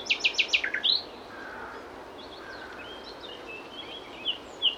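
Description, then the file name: Common nightingale song: four loud descending notes in quick series opening a phrase, followed by faint warbled notes and two final chips. "Luscinia megarhynchos"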